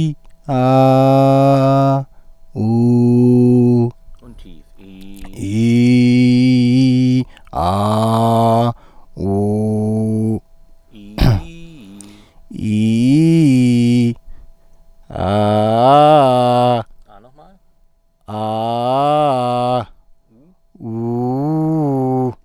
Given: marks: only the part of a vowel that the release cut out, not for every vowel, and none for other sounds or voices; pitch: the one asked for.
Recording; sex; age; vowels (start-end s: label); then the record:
sustained vowels; male; 30 to 39 years
0.59-1.89 s: vowel /a/, high pitch
2.66-3.83 s: vowel /u/, high pitch
5.60-7.07 s: vowel /i/, low pitch
7.62-8.59 s: vowel /a/, low pitch
9.25-10.29 s: vowel /u/, low pitch
12.70-14.00 s: vowel /i/, low-high-low pitch
18.38-19.69 s: vowel /a/, low-high-low pitch
20.94-22.23 s: vowel /u/, low-high-low pitch
From the record:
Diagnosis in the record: healthy voice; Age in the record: 34 years